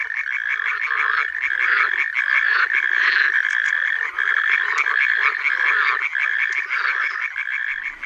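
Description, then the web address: Frog chorus, overlapping trilled croaks repeated quickly, forming a loud continuous pulsing wall of sound throughout. Frog concert (chorus) recorded in a forest. "Przyroda Tajemnice puszczy Koncert zab"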